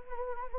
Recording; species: mosquito wingbeat signal from an infrared sensor; Anopheles arabiensis